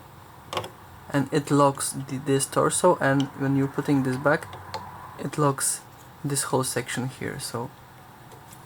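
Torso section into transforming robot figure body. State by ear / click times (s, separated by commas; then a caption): not seated / none. Someone talks while handling the torso section of a 3D-printed plastic transforming robot figure, putting it back into the figure's body during transformation, with two brief sharp sounds near 0.6 s. Nothing has seated or clicked into place yet.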